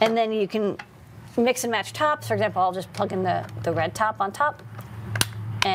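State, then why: Seated. Someone talks while a red plastic top is pressed onto a computer case base, and sharp clicks ring out at 5.2 s and 5.6 s. The lid snap-fits on and is seated.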